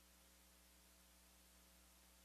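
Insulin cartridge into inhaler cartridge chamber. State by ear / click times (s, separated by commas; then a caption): not seated / none. An insulin cartridge is being handled at an inhaler's cartridge chamber. Only steady hum and static-like hiss are heard. Nothing has seated or clicked yet.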